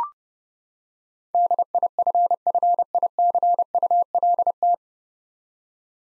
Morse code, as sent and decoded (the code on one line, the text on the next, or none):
-.. .. ..-. ..-. .. -.-. ..- .-.. -
DIFFICULT